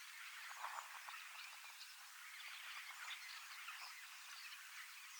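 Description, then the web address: Common starling flock singing in an unbroken babble of wheezy whistles and chatter, the texture dense and rather uniform. Large flock of young birds practising song in preparation for next spring; recorded 25 August 2026 in Finland. "paivat 25 8 2026 iso kottaraisten nuorisoparvi valmistautuu ensi kevaaseen lauluharjoittelemalla"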